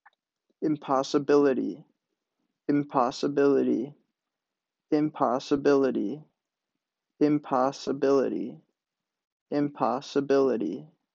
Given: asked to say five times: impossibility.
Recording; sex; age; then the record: repeated word; male; 20 to 29 years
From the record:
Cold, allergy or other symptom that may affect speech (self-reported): no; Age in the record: 22 years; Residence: Wisconsin, United States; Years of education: 14